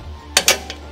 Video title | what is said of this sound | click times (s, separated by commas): Rock Hard 4X4 Rear Bumper/Tire Carrier Safety Pin Replacement. | boom you hear it lock right in incredible incredible spring tension on that thing as soon as it as | 0.4 s